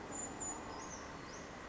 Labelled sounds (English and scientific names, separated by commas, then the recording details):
Brown Creeper (Certhia americana)
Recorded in Sonoma County, California